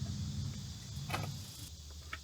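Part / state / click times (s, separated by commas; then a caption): oil drain plug into car oil pan / not seated / none. A new oil drain plug is tightened with a tool into a car's oil pan over a steady low hum, with a brief scraping burst around 1.1 to 1.3 seconds and a short faint tick near 2.1 seconds. The plug has not clicked into place; it feels tight, but no distinct click is heard.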